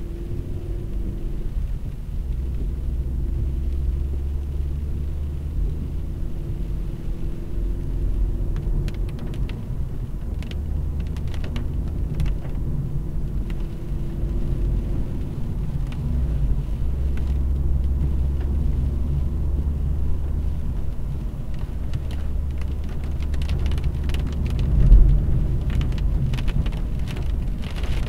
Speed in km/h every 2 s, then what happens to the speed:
41, 42, 48, 55, 58, 60, 65, 68, 65, 66, 70, 69, 68, 71.
0-13 speeds up to 68. 13-28 steady at about 68.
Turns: none.